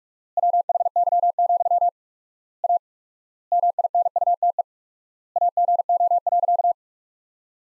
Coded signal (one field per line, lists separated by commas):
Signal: Morse code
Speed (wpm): 46 wpm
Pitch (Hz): 700 Hz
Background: none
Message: WHY, A MINUTE AGO.